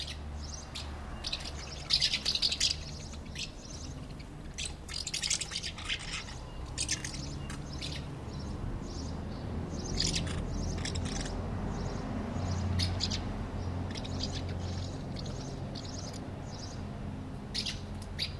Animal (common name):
Common House Martin